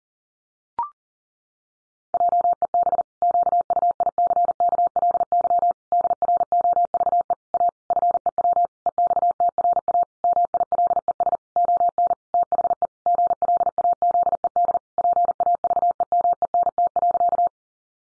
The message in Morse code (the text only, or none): JEB QUICKLY DROVE A FEW EXTRA MILES ON THE GLAZED PAVEMENT.